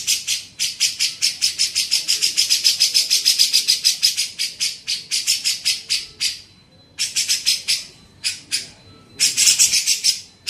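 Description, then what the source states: Grey-cheeked bulbul, a long fast run of harsh buzzy notes that slows into spaced notes, then a final dense burst. Used for training songbirds (masteran).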